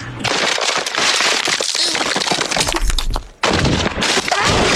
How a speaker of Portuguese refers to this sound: Rachaduras no gelo.